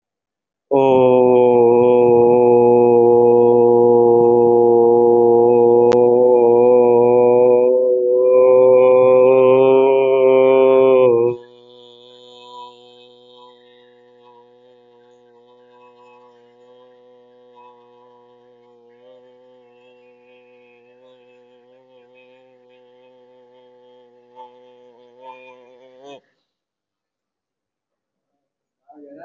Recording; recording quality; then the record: sustained vowel as in boot; excellent, no background noise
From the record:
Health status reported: healthy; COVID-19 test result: negative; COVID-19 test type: RT-PCR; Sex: male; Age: 24 years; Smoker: no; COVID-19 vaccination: both doses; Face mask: worn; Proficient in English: yes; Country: India